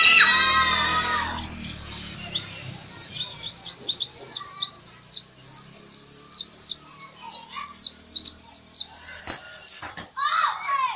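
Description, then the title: White-eye song: a long, fast, unbroken string of high, sharply slurred chirps, preceded by a brief lower harmonic call at the start. Pleci Dakun from Bali, a national champion songbird; song style described as ngerol gacor teler. "pleci Dakun Bali Ngerol Gacor Teler Juara Nasional"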